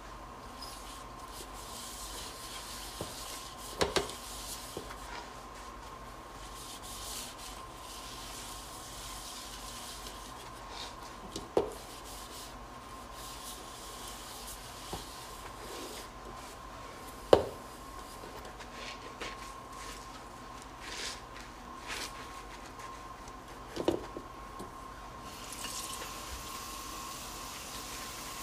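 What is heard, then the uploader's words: A large bowl is washed and dried, with a soft continuous rubbing and wiping texture running throughout. Sharp knocks and clinks punctuate it irregularly, near 4, 12, 17 and 24 seconds, over a steady low hum with a faint tone. ASMR Washing and Drying Large Bowl.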